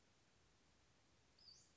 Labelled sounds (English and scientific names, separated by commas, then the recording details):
Western Flycatcher (Empidonax difficilis)
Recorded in Sonoma County, California